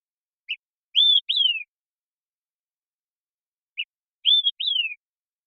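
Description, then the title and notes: Olive-sided flycatcher giving two clear whistled phrases, each a short pip followed by an upslurred whistle and a falling whistle, separated by quiet. Song sequence captured with a parabolic microphone, keeping natural rhythm and pace; song rendered as "Quick! Three beers!". "Olive-Sided Flycatcher, Contopus cooperi, famous for being the bird that orders, "Quick! Three beers!""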